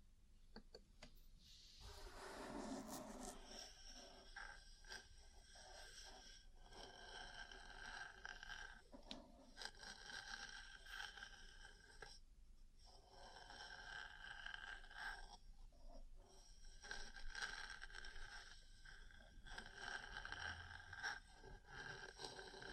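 Ear cleaning and massage sounds: a steady, dense layer of soft scratching and rubbing runs throughout, with bright crackly textures. A louder, fuller brushing burst comes around two to three seconds, and brief pauses and scrapes break the flow near 12 and 15 seconds.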